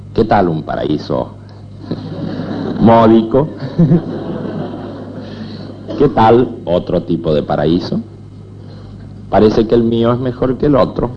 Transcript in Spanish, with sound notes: ¿Qué tal un paraíso módico? (Risas) ¿Qué tal otro tipo de paraíso? Parece que el mío es mejor que el otro